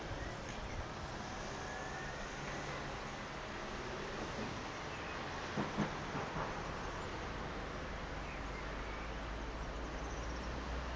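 Street noise from a balcony on the outskirts of Verona: a steady, dense wash of passing traffic fills the whole stretch. A low hum runs underneath throughout, and around the six-second mark a few brief knocks or thumps stand out.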